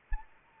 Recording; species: mosquito wingbeat signal from an infrared sensor; Anopheles arabiensis